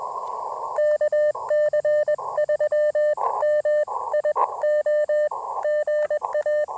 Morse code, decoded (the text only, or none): KC3MIO GA